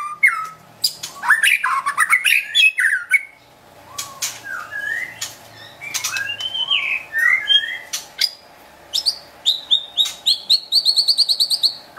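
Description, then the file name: White-rumped shama song: scratchy bursts and looping whistled phrases, ending in a rapid, evenly repeated chattering trill. Wild bird from a forest near Medan, singing actively (gacor). "suara burung murai batu hutan medan gacor"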